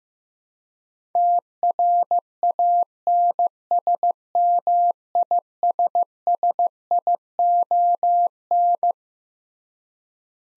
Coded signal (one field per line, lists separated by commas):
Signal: Morse code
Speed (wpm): 16 wpm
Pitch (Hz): 700 Hz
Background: none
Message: TRANSMISSION